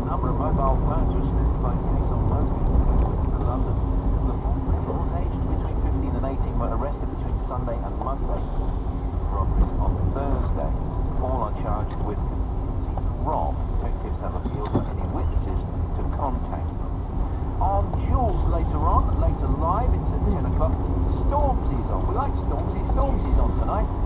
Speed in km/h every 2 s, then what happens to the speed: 44, 39, 37, 35, 34, 31, 29, 27, 24, 27, 31, 35.
0-15 slows to 24. 15-24 speeds up to 35.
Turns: 13-20.